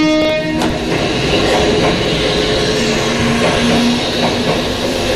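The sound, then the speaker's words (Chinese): A train rolls past a shantytown in Beijing with a loud, steady rumble and rattling clatter that fills the whole stretch, a brief high tonal whine sounding near the start, with no voices. “这个地方多些南北分不清，门牌号码认不准，男女客过找不到，冬天漏风，夏天漏雨，今年到头有火车给绊倒，睡个觉都睡不踏实。”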